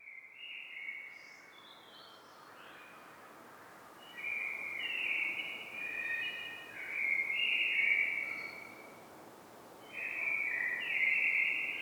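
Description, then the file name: Common blackbird singing mellow, fluting phrases separated by pauses, with some brief higher squeaky notes. "Turdus merula"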